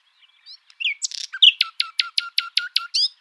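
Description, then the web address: Common nightingale song: quiet opening notes, a harsh burst, then a series of loud whip-like notes repeated evenly, finishing with a rising whistle. "songs luscinia megarhynchos call 7"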